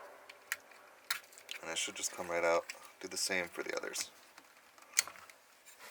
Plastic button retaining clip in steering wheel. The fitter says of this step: You should hear it click.